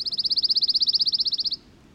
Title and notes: Their song, heard throughout the year, is a sweet-sounding trill.